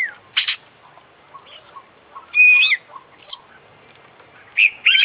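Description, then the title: Oriental magpie-robin song, scattered loud whistled and scratchy phrases separated by quiet gaps, with a clear whistle midway and a burst of notes at the end. Competition bird described as an international champion, singing a full, complete set of fill-in phrases (isian). "KICAU KACER JUARA INTERNASIONAL FULL ISIAN KOMPLIT DURASI PANJANG"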